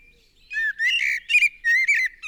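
Common blackbird song, a run of rich, fluty warbling notes in quick succession with brief gaps, ending on a higher squeak.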